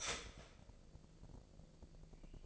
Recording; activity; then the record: daily activity, microphone in the room; start toaster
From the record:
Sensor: 5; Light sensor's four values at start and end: 27/62/26/26 and 27/63/26/26